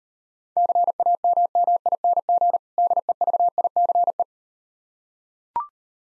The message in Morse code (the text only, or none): CAMMING DEVICE